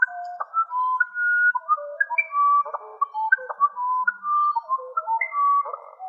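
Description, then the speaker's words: Musician Wren song: clear whistled notes at varied pitches, each held briefly, forming a melodic phrase given twice with a short gap. South American wren of deep Amazonian jungle; song noted for consonant fourths, fifths and octaves, unusual among birds. "First, the winner in the classical category, the musician wren of South America."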